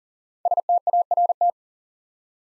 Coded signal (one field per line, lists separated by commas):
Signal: Morse code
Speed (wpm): 42 wpm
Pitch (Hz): 700 Hz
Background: none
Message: START